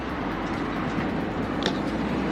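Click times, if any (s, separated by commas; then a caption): 1.7 s. A phone in its model-specific Galaxy S22 Ultra case is set into a motorcycle handlebar phone mount and turned to twist-lock it in place. Over a steady, broad background noise, a single short, sharp click is heard at 1.7 s. The case is seated and locked firmly in the mount.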